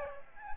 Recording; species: mosquito wingbeat signal from an infrared sensor; Aedes aegypti